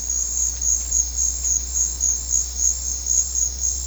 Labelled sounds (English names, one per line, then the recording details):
none
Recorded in secondary vegetation near Puerto Asís, Putumayo, Colombia, on 9 March 2025 at 15:00
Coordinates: 0.484, -76.319
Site G010